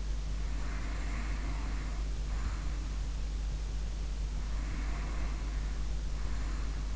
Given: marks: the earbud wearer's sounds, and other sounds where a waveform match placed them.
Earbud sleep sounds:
sounds in sleep by an in-ear microphone; breath
0.52-2.88 s: breath
4.49-6.92 s: breath

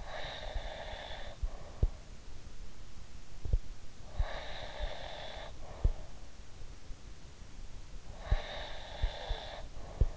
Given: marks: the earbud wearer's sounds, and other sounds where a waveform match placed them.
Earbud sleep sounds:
sounds in sleep by an in-ear microphone; breath
0.00-2.18 s: breath
4.13-6.04 s: breath
8.38-10.17 s: breath

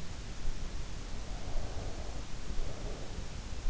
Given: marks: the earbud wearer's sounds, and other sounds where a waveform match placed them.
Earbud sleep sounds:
sounds in sleep by an in-ear microphone; breath
1.28-3.29 s: breath

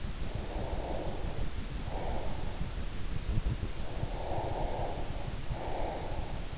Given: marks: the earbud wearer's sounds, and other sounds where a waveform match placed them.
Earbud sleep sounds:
sounds in sleep by an in-ear microphone; breath
0.25-2.64 s: breath
3.85-6.58 s: breath

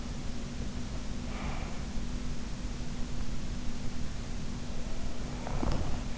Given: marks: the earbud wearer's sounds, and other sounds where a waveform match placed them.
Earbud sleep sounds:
sounds in sleep by an in-ear microphone; breath
1.07-1.92 s: breath
5.40-6.18 s: breath

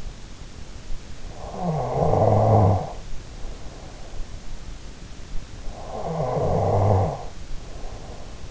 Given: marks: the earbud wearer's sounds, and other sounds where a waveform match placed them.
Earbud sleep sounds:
sounds in sleep by an in-ear microphone; snoring breath
0.68-4.07 s: snoring breath
2.51-4.51 s: sound from someone else or the room
5.46-8.50 s: snoring breath
7.03-8.50 s: sound from someone else or the room

